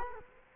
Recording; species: mosquito wingbeat signal from an infrared sensor; Culex quinquefasciatus